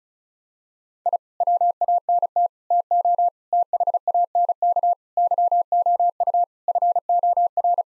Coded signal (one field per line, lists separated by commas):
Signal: Morse code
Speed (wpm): 36 wpm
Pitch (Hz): 700 Hz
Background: none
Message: I WANT TO THANK YOU FOR